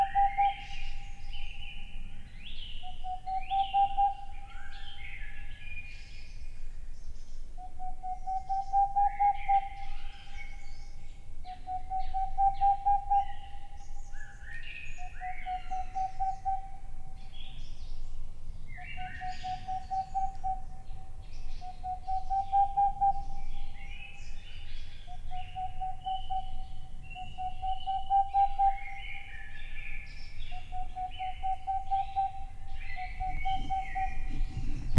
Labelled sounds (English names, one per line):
Boreal Owl